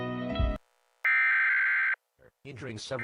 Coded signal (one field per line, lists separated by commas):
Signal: Emergency Alert System (SAME) tones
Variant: header bursts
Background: speech